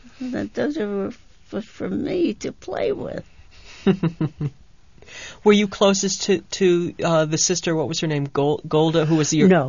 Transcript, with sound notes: That those were for me to play with.
( he laughs ) Were you closest to the sister, what was her name, Golda, who was your...